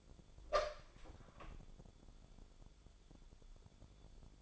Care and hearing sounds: daily activity, microphone in the room; open door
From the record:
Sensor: 5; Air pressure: 1015.0 hPa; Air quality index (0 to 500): 221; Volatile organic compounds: 13 ppm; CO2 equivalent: 2401 ppm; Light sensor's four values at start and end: 35/80/32/31 and 35/80/32/31

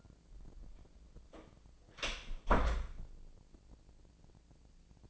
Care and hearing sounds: daily activity, microphone in the room; close door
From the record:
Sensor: 5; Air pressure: 1012.4 hPa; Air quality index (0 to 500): 158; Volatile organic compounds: 2 ppm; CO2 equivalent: 1076 ppm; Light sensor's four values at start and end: 192/467/195/214 and 185/448/188/205

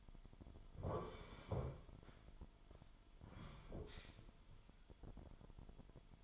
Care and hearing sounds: daily activity, microphone in the room; sit down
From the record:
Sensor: 5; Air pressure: 998.6 hPa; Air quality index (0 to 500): 86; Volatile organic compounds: 2 ppm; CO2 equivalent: 990 ppm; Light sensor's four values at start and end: 46/112/46/52 and 48/116/48/54

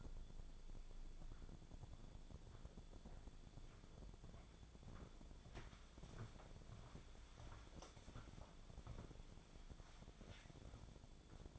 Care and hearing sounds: daily activity, microphone in the room; walk to room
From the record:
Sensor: 5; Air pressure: 1000.1 hPa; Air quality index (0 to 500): 88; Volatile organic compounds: 1 ppm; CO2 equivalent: 724 ppm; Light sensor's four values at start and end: 372/924/387/434 and 369/905/383/431

